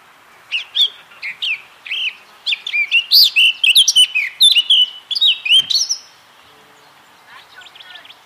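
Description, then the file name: Eurasian blackcap song: a rapid, varied warble of sweet notes and scratchy clicks lasting about five seconds, then quiet with faint chirps. "Sylvia atricapilla"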